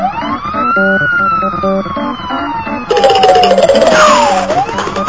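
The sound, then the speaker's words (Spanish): A border patrol vehicle's siren wails in the desert at midday, its pitch sweeping slowly up and down, then grows louder and harsher partway through as a second siren tone joins over a low engine rumble. “Y a lo lejos divisa una patrulla fronteriza.”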